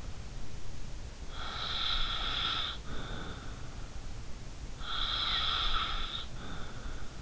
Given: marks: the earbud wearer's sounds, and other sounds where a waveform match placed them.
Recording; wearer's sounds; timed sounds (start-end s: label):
sounds in sleep by an in-ear microphone; snoring breath
1.26-3.75 s: snoring breath
4.82-7.22 s: snoring breath